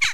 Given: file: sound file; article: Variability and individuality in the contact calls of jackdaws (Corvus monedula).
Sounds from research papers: jackdaw call; harmonic

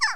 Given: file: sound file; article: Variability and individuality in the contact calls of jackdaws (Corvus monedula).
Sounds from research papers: jackdaw call; harmonic

